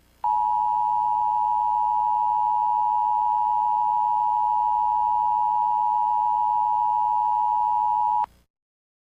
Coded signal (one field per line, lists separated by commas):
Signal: Emergency Alert System (SAME) tones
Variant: 853 and 960 Hz attention tone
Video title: EAS Severe Thunderstorm Warning